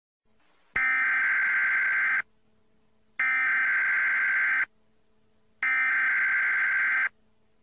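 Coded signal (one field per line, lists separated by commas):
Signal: Emergency Alert System (SAME) tones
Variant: header bursts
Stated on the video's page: Fictional EAS scenario.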